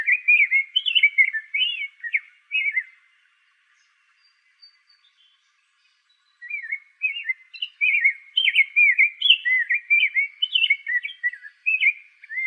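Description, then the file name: Rose-breasted grosbeak singing fluid, robin-like warbling phrases with slurred up-and-down notes, one burst early and a longer run after a pause of several seconds. Arizona. "RBGR 1 B deviche"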